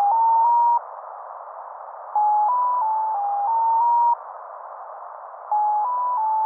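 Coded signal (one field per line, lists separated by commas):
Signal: channel marker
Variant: Mazielka (X06)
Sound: three repeated sequences of six short steady tones stepping in pitch, separated by hiss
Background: radio static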